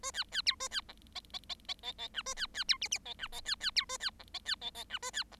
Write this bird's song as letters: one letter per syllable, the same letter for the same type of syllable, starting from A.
A B B C A B D E E E E E E F A B B C G G E F E B B C A B D E B E E F A B D